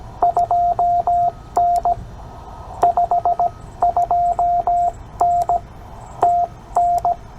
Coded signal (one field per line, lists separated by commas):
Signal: Morse code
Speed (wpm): 17 wpm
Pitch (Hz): 700 Hz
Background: radio noise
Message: 2N 52N TN